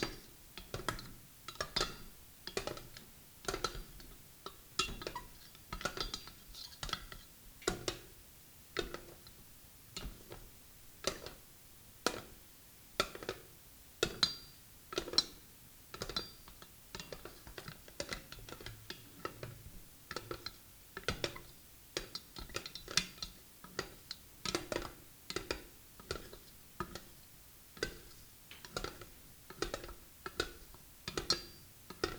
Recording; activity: daily activity, guitar pickup as the sensor; fry